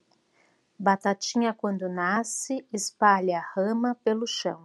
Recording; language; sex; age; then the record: short text; Brazilian Portuguese; female; 40 to 49 years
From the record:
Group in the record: control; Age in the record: 43 years